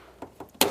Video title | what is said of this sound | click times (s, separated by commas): The King of miniLED? Sony's 85" BRAVIA 9 Is BREATHTAKING! Setup and Review | A couple snaps. | 0.6 s